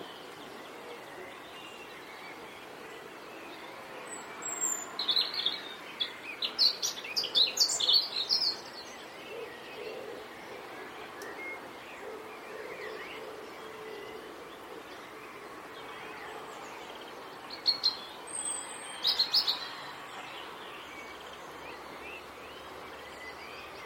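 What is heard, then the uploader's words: Spring birdsong in a Dorset garden, with blue tits and starlings around the feeders. Bursts of bright, quick chirps and twittering come at about 5–9 seconds and again near 18–20 seconds. Between them, a steady soft hiss and faint murmuring fill the background. It's late morning in a springtime Dorset garden. Blue tits and starlings land on the gently swaying bird feeders to eat their fill. Recorded by Daniel Kramer-Arden. Spring birdsong in a Dorset garden.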